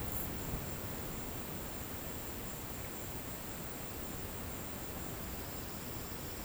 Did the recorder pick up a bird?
no